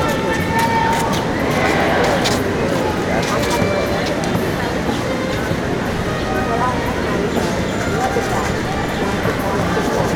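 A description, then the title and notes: Washington Square Park ambience: a steady, dense murmur of many voices talking at once fills the whole ten seconds. Brief brighter sounds, like clicks, footsteps or distant calls, pop up now and then over the even crowd chatter. Calm Washington Square Park Ambience.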